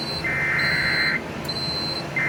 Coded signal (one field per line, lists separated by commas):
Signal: Emergency Alert System (SAME) tones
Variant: header bursts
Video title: One final push for the Summer. || EAS Alerts from August 30-31, 2024 (EAS #3,031-3,060)